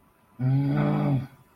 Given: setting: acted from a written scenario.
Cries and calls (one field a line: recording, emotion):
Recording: vocal sound without words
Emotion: anger